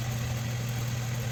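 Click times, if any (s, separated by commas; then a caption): none. A small plastic dash grille with tabs is being handled and pressed into place on top of the dashboard of a Nissan Maxima during an AC evaporator core replacement. Only a steady, low engine-like idle hum is heard throughout, with no distinct impacts. Nothing has seated or clicked yet.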